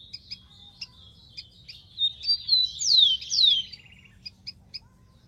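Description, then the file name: Rufous-collared sparrow song of soft introductory whistles building to two strong downslurred notes and a quick dry trill, with light chips around it. "canto do tico tico"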